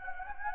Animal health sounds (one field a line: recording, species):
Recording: mosquito wingbeat signal from an infrared sensor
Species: Anopheles gambiae